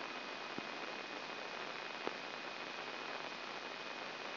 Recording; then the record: brain microelectrode recording played as sound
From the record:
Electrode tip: inside the subthalamic nucleus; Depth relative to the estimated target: 2 mm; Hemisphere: right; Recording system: AlphaMap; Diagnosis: Parkinson's disease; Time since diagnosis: 9 years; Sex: male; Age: 68 years